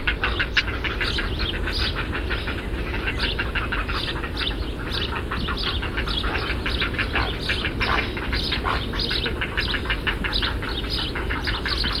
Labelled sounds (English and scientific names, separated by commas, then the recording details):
Great Cormorant (Phalacrocorax carbo) call
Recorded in the wild
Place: Niederhof, Insel Rügen, Mecklenburg-Vorpommern, DE
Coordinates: 54.258, 13.196
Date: 1970-06-05
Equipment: Nagra III BH, Sennheiser MD 21, parabola
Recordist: Schubert, Michael